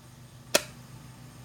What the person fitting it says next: you hear that click you hear that positive retention at the very bottom